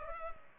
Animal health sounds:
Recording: mosquito wingbeat signal from an infrared sensor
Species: Culex pipiens

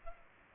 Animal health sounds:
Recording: mosquito wingbeat signal from an infrared sensor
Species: Culex pipiens

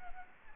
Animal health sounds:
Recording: mosquito wingbeat signal from an infrared sensor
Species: Aedes albopictus

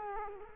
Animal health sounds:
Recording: mosquito wingbeat signal from an infrared sensor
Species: Culex quinquefasciatus

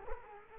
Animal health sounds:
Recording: mosquito wingbeat signal from an infrared sensor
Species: Culex quinquefasciatus

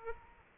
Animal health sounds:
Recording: mosquito wingbeat signal from an infrared sensor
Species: Aedes aegypti

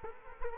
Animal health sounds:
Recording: mosquito wingbeat signal from an infrared sensor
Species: Culex quinquefasciatus

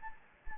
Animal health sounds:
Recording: mosquito wingbeat signal from an infrared sensor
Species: Anopheles gambiae

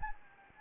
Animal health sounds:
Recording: mosquito wingbeat signal from an infrared sensor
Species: Anopheles gambiae

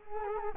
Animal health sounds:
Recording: mosquito wingbeat signal from an infrared sensor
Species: Culex quinquefasciatus

